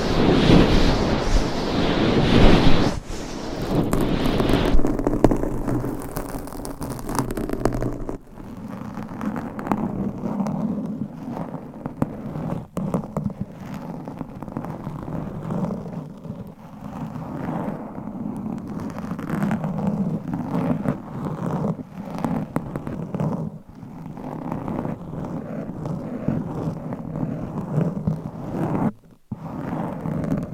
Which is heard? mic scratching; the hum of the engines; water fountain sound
mic scratching